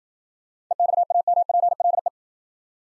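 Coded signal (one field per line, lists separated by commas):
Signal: Morse code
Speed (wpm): 53 wpm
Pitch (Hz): 700 Hz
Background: none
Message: EXAMPLE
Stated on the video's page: Morse new-word drill at 55 wpm: each word sent in Morse, spoken, then sent again, for head-copy practice.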